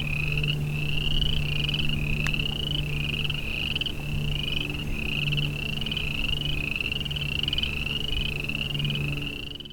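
Boreal chorus frogs calling together, overlapping upward-sweeping pulsed trills in quick succession, one brief click near the start, and a low steady hum throughout.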